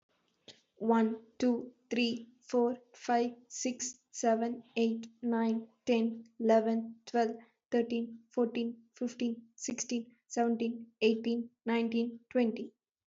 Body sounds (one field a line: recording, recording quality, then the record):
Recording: counting at a normal pace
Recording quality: excellent, no background noise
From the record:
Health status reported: healthy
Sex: female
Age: 20 years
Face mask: not worn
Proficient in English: yes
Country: India